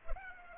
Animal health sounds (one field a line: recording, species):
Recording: mosquito wingbeat signal from an infrared sensor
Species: Culex pipiens